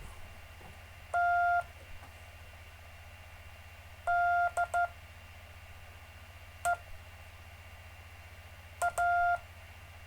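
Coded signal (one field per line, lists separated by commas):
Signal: Morse code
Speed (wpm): 13 wpm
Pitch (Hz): 700 Hz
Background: none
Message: TDEA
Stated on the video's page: Live stream of gentle Morse code practice.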